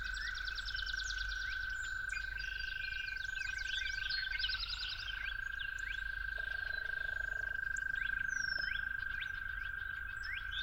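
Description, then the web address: Toad trilling in a level, unbroken drone that pauses briefly near the middle, while a busy chorus of birds sings and chirps over it. Toads calling at dawn. "musicofnature Toads at Dawn"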